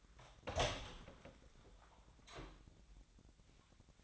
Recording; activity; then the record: daily activity, microphone in the room; open door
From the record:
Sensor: 3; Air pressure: 1009.2 hPa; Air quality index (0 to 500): 197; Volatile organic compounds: 4 ppm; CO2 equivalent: 1586 ppm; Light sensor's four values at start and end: 45/118/51/51 and 45/118/51/51